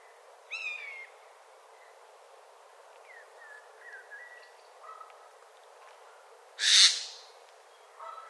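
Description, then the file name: Eurasian jay giving one loud, harsh rasping screech near the end, with soft thin whistles and chirps of other birds earlier in the background. "Garrulus glandarius"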